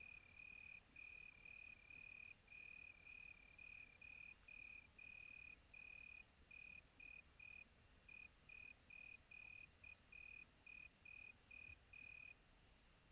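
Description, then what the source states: Cricket chirps: brief high tonal pulses in an even, quick rhythm, with a faint higher chirping and a continuous high hiss in the background. Recorded on a quiet tropical night.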